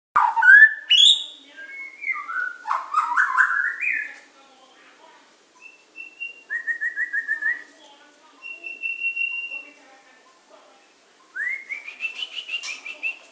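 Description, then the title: Oriental magpie-robin song: varied whistles at first, then soft steady whistled notes held on one pitch, and a final rising whistled phrase. "Kicau Kacer"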